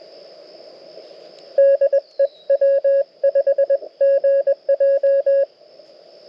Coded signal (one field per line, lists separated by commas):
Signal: Morse code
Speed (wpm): 22 wpm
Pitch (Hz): 560 Hz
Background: none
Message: DE W5GJ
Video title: Mountain Topper POTA Activation - 6/8/23 @ K-3684